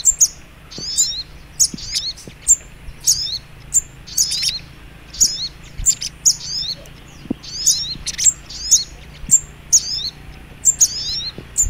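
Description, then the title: Little Spiderhunter song, thin high chirping phrases repeated quickly and continuously over a faint low hum. Masteran (training) recording; song style called labaik. "Masteran Burung Sogok Ontong Labaik"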